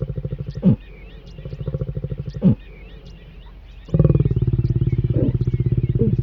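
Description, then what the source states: Lion growls, deep rapid pulsed rumbles with short pauses, then a longer sustained growl; light bird chirping continues behind. Lions mating.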